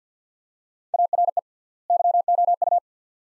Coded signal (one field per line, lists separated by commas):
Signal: Morse code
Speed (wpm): 48 wpm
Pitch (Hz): 700 Hz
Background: none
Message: ARE YOU